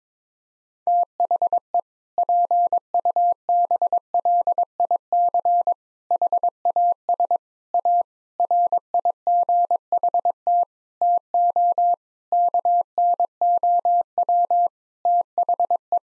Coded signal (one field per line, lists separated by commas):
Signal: Morse code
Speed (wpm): 22 wpm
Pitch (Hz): 700 Hz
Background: none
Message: THE PUBLIC HAS A RIGHT TO KNOW THE